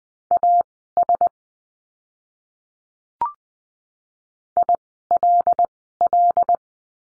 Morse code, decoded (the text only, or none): AS ILL